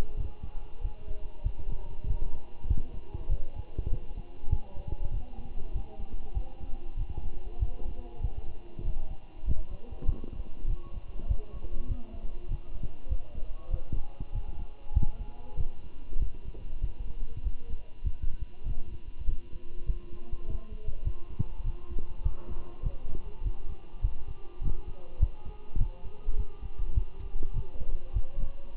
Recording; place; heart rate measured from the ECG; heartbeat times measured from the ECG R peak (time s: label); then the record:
heart sounds by stethoscope; between the tricuspid and mitral areas; 99 bpm
0.17 s: heartbeat
0.82 s: heartbeat
1.44 s: heartbeat
2.07 s: heartbeat
2.69 s: heartbeat
3.29 s: heartbeat
3.91 s: heartbeat
4.51 s: heartbeat
5.12 s: heartbeat
5.74 s: heartbeat
6.35 s: heartbeat
6.98 s: heartbeat
7.60 s: heartbeat
8.22 s: heartbeat
8.84 s: heartbeat
9.46 s: heartbeat
10.07 s: heartbeat
10.68 s: heartbeat
11.28 s: heartbeat
11.88 s: heartbeat
12.49 s: heartbeat
13.09 s: heartbeat
13.71 s: heartbeat
14.33 s: heartbeat
14.94 s: heartbeat
15.57 s: heartbeat
16.19 s: heartbeat
16.82 s: heartbeat
17.44 s: heartbeat
18.05 s: heartbeat
18.66 s: heartbeat
19.27 s: heartbeat
19.87 s: heartbeat
20.47 s: heartbeat
21.05 s: heartbeat
21.64 s: heartbeat
22.23 s: heartbeat
22.83 s: heartbeat
23.44 s: heartbeat
24.02 s: heartbeat
24.62 s: heartbeat
25.20 s: heartbeat
25.79 s: heartbeat
26.37 s: heartbeat
26.95 s: heartbeat
27.54 s: heartbeat
28.14 s: heartbeat
28.76 s: heartbeat
From the record:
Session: walking at 3.7 km/h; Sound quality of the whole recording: good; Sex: male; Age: 23 years